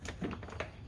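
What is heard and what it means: A grass bagger is flipped into its mount on the back of a DeWALT 21.5" 20-Volt MAX Lithium-Ion cordless push mower. A few light knocks come first, then a sharper, louder snap at 0.6 s as it pops into place and is seated.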